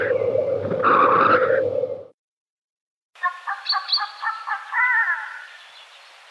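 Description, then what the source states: Black grouse lekking: low bubbling with a louder burst, then after a silent gap a series of pulsed notes. Black grouse at a lek.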